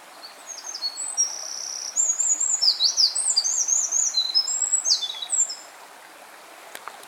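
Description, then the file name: Eurasian wren song: about five seconds of shrill, rapid notes mixing level whistles and quick zigzag sweeps, then the bird falls silent and only quiet background noise remains. "Troglodytes troglodytes"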